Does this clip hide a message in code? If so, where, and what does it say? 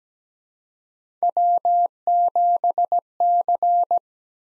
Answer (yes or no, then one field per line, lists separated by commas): yes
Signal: Morse code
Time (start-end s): 1.2-4.0 s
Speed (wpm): 17 wpm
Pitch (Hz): 700 Hz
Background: none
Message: W7C